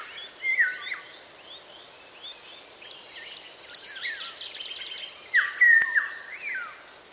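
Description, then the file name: Eurasian golden oriole whistling mellow, liquid phrases, one early and a longer rolling one late, while other small birds twitter and chirp in the background. "Sommargylling"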